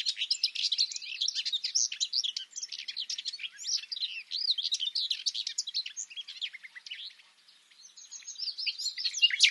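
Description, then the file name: Common nightingale song, a dense stream of rapid, jumbled high chirps and trills with little pause, briefly quieter near the end before resuming. "Luscinia megarhynchos"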